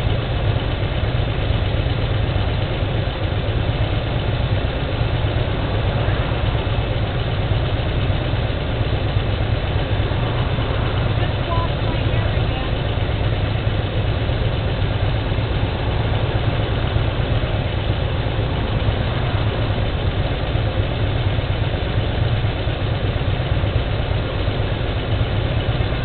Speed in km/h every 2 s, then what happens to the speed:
0, 0, 0, 0, 0, 0, 0, 0, 0, 0, 0, 0, 0.
0-26 standing.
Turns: none.